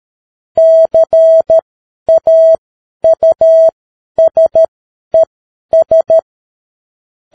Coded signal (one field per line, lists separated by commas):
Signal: Morse code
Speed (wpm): 13 wpm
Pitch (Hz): 650 Hz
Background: none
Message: CAUSES